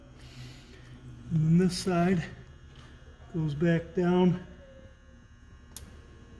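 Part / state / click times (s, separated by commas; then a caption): wiring connector onto coolant temperature sensor / seated / 5.8 s. On a 2020 Polaris 850 XCR with a check engine issue, the second side of the plastic electrical wiring connector on the coolant temperature sensor is pushed back down while someone talks. A sharp click is heard at 5.8 s as the connector latches and seats.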